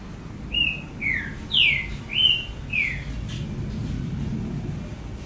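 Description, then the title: Double-collared seedeater song: five clear whistled notes, some slurring downward, spaced about half a second apart, followed by steady low background hum. "Canto Coleiro"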